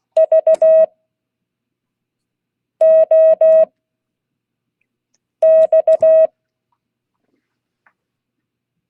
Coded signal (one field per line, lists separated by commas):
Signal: Morse code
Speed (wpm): 16 wpm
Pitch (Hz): 640 Hz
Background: none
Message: VOX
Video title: Monday 2022-08-15 Morse code class